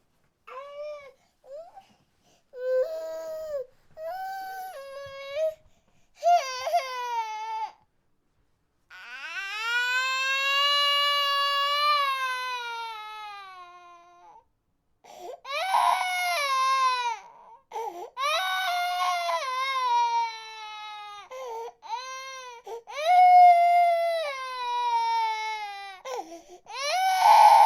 Baby cry long.